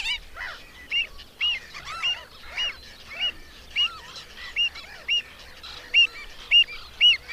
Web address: Madardalok Cd 3. Gulipán